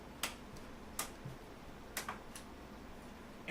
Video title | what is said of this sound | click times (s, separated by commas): How To UPGRADE PC PERFORMANCE LIVE! | and they click into place | 0.2 s, 1.0 s, 2.0 s